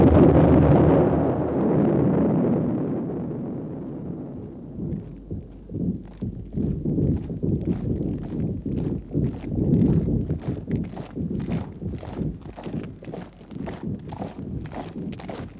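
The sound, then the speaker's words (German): A low, heavy rumble fades away, then horses' hooves clip-clop in a steady procession, many sharp hoof strikes overlapping in a continuous rhythmic clatter with no talking. An endless procession heading west with horses and cattle. “Ein endloser Zug nach dem Westen mit Pferden und Rindern”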